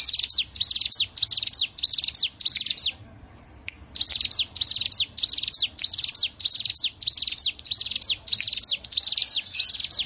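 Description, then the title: Prinia song: rapid bursts of high, sharp descending notes in quick groups, with a short pause about three seconds in before the chattering resumes. "Ciblek Sawah"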